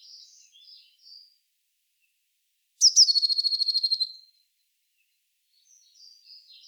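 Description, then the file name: Eurasian blue tit: one harsh, buzzy churr of about a dozen rapid pulses lasting over a second, with faint high twitters before and after. "Cyanistes caeruleus"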